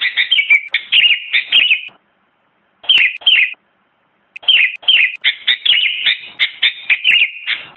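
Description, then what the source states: Sooty-headed bulbul song: fast warbling, chattering phrases with two clear pauses, then a long lively run of notes to the end. Masteran (tutor) song.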